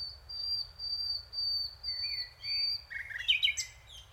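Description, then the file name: Common nightingale song: several long, pure, high whistles repeated evenly, followed by a lower slurred note and a quick, loud, rattling flourish. "Luscinia megarhynchos"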